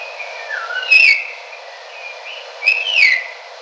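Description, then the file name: Red-tailed palm thrush singing clear whistled phrases, a low falling note then two bright, sliding whistles with a sharp upper flourish, a steady quiet background. In Kinshasa at 2 am. "redtailed palm thrush 13 Kinshasa"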